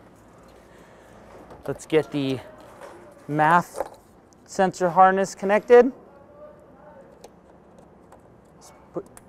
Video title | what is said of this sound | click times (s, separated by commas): Injen 2019-2021 Silverado / Sierra 1500 V8-5.3L/6.2L Evolution Intake Install Video Part# EVO7104 | you'll hear that click and secure with the push security clip in and there that's | 9.2 s